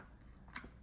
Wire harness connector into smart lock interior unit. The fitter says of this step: Looks like it snaps right into place like so.